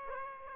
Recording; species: mosquito wingbeat signal from an infrared sensor; Aedes aegypti